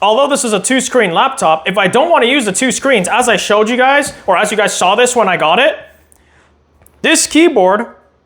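A man talks while handling the detachable keyboard of a 2026 Asus ROG Zephyrus Duo dual-screen laptop, about to place it onto the lower deck so the machine works as a normal laptop. His talk fills most of the clip, with two faint, short ticks in a quiet gap near 6.1 and 6.9 seconds before he talks again. The keyboard has not seated or snapped into place yet.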